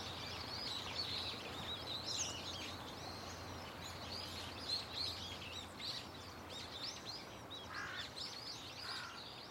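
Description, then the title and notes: Birds twittering in a busy chorus of thin chirps, with a few lower harsh notes near the end and a steady background hum. Loud, nonstop chirping and singing of many birds in a tetrapod breakwater belt and its trees; recorded with microphone and camera. "テトラ帯とその木々から、けたたましいほどのの鳥たちの鳴き声が・・・！. 全く鳴きやまない鳥たちの歌声シャワー"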